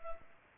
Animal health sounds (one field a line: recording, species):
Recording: mosquito wingbeat signal from an infrared sensor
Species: Culex pipiens